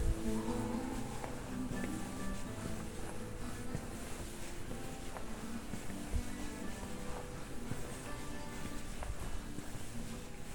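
A sound walk through Cadaqués: a steady, dense bed of low rumble and murmur runs the whole time, with short tonal fragments like voices or engines in the lower range. Brief clicks and knocks break through now and then, around the first, sixth and ninth seconds.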